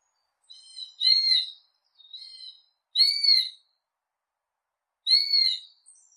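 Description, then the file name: Three loud whistled hawk screams, with fainter, softer notes between the first two. Hawk calling while hunting prey. "Tieng dieu hau san moi"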